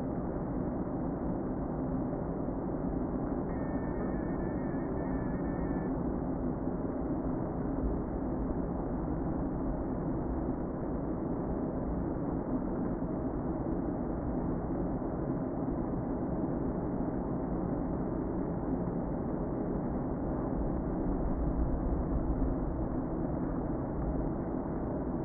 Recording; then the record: honeybee colony, microphone inside the hive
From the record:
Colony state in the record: queen present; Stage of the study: before two queens were removed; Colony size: about 60,000 bees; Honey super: yes